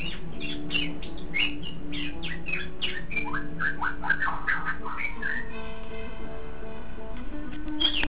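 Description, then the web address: White-rumped shama singing a dense run of varied whistles, quick upslurs and downslurs, then a pause and a final sharp note, above constant low background hum. "shanlung 9 shamasong"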